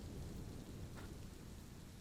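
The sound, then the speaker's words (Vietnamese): Heavy rain pours in a dense, unbroken hiss over a village pond and taro plants while a deep, rolling rumble of thunder churns steadily underneath, with no voices and no pause throughout. “Cứ đà mưa như thế này, chỉ một tuần nữa là ngập trắng hết cả thôi.”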